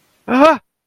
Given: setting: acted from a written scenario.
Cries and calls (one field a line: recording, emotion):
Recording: vocal sound without words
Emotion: fear